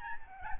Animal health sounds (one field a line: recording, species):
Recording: mosquito wingbeat signal from an infrared sensor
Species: Aedes albopictus